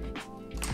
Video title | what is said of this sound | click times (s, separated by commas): How To Set Up // Let's Fly Rollator | you'll hear it click and that's it ready to put away | 0.6 s